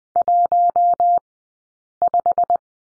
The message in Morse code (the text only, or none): 15